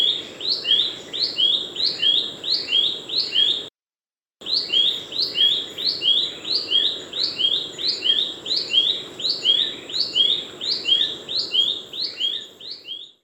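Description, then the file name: Buff-breasted babbler song: quick repeated down-slurred whistled notes given steadily, with a brief silent gap near four seconds. "suara kicauan buff breasted babbler. omkicau"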